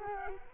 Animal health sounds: mosquito wingbeat signal from an infrared sensor; Culex quinquefasciatus

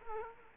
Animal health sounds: mosquito wingbeat signal from an infrared sensor; Culex quinquefasciatus

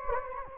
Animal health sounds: mosquito wingbeat signal from an infrared sensor; Anopheles gambiae

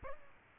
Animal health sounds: mosquito wingbeat signal from an infrared sensor; Culex pipiens

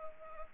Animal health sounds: mosquito wingbeat signal from an infrared sensor; Anopheles arabiensis

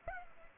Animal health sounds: mosquito wingbeat signal from an infrared sensor; Culex pipiens

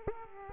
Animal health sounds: mosquito wingbeat signal from an infrared sensor; Aedes aegypti

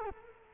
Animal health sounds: mosquito wingbeat signal from an infrared sensor; Culex quinquefasciatus

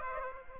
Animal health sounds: mosquito wingbeat signal from an infrared sensor; Aedes aegypti

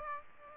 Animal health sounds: mosquito wingbeat signal from an infrared sensor; Aedes aegypti

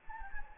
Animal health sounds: mosquito wingbeat signal from an infrared sensor; Anopheles gambiae

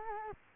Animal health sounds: mosquito wingbeat signal from an infrared sensor; Culex quinquefasciatus

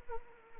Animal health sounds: mosquito wingbeat signal from an infrared sensor; Anopheles arabiensis

